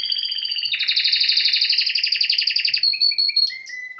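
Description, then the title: Domestic canary song: a steady buzzy trill that shifts to a faster rolling section, then ends in a few short descending whistled notes. Male Belgian canary singing a lot, used to warm up a young canary. "Canary Training Esquente Seu Filhote E Canario Belga Macho Cantando Muito"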